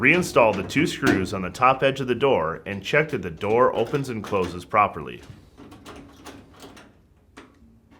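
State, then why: Not seated. Someone talks while handling a dryer door after installing a new door strike and latch kit (part #279570) on a Whirlpool, Maytag or Amana dryer, with the door strike meant to catch in the new latch on the dryer cabinet. After the talking, faint handling sounds and light ticks follow as the sound fades. Nothing has seated or clicked yet.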